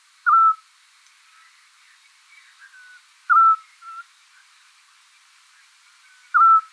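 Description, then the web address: Eurasian scops owl repeating a single clear whistled note every three seconds, with faint softer whistles in between. "otus scops call"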